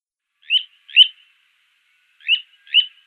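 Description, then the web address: Little ringed plover calls: two pairs of short whistled notes, each pair a quick double, with a pause of about a second between them. "Schulze Peter Little Ringed Plover"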